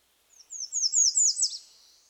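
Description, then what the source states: American Redstart song: a quick series of similar very high, down-slurred notes ending in a lower final note, lasting about a second, with a quiet background. Standard song, a series of similar high notes followed by a lower final note.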